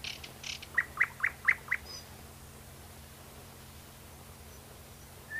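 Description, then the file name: Nightingale song: a burst of five loud, sharp repeated notes in quick succession after a few high introductory sounds, then quiet, with a steady low hum throughout. "solovey"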